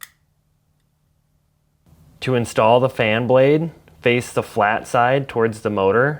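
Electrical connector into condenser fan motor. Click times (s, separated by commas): 0.0 s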